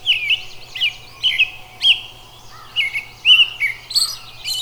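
Robin song: short warbled phrases of clear whistled notes, each under half a second, separated by brief pauses, over a faint steady low hum.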